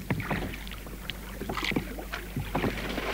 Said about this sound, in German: Noch in der gleichen Nacht fuhren wir in einem kleinen Boot den James River hinunter, an dessen Mündung das Kaperschiff vor Anker lag.